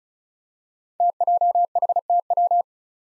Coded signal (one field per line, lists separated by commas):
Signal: Morse code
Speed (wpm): 36 wpm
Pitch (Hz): 700 Hz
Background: none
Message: TJHTW